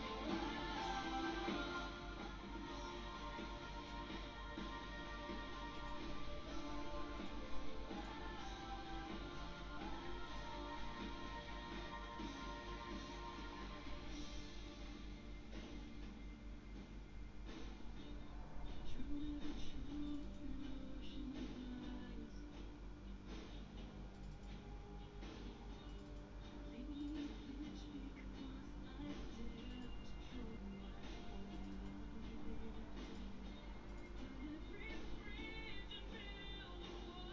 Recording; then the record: background sound without coughing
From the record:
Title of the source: BackgroundMusic4